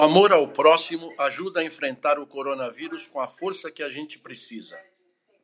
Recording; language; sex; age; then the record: spoken sentence; Brazilian Portuguese; male; 70 to 79 years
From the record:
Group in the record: control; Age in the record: 71 years